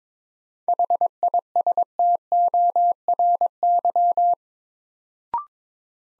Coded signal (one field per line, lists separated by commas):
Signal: Morse code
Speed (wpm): 21 wpm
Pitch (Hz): 700 Hz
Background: none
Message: HISTORY